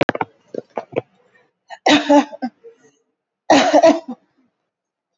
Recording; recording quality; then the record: shallow voluntary cough; excellent, no background noise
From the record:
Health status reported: recovered from COVID-19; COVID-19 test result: positive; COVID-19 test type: RT-PCR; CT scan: taken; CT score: 12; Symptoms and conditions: cough, fever, fatigue, another condition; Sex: female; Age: 65 years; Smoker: no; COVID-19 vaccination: both doses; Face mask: not worn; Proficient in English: yes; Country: India